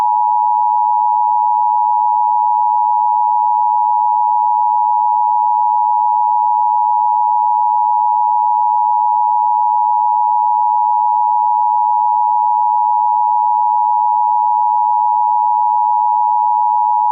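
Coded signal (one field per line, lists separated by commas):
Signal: Emergency Alert System (SAME) tones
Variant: 853 and 960 Hz attention tone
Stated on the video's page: Mock, not real, Required Monthly Test.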